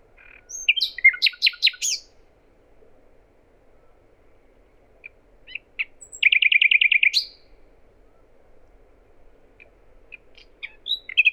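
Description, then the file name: Common nightingale singing varied phrases: a burst of sharp notes, then after a pause a fast even trill, followed by scattered soft chirps. "Luscinia megarhynchos"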